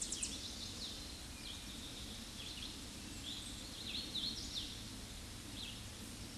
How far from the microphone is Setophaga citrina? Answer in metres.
about 45 m